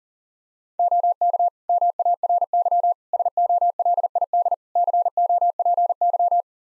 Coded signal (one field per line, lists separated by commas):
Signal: Morse code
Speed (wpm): 40 wpm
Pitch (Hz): 700 Hz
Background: none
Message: OK MARY SOLID COPY